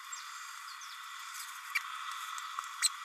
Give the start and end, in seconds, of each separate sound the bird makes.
1.75-1.79, 2.81-2.88